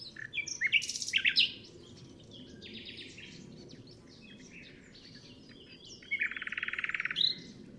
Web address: chant didier collin rossignol philomele